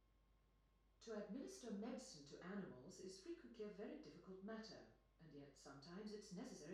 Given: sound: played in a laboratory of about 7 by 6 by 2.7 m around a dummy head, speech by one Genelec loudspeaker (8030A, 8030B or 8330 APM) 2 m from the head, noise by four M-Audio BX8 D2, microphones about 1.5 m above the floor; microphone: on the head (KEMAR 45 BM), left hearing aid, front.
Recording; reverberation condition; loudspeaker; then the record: female speech in English; medium; 60 degrees to the right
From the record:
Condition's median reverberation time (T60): about 510 ms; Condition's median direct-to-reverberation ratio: about -0.5 dB